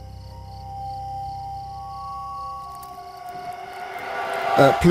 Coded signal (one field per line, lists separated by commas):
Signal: ZX Spectrum tape loading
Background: speech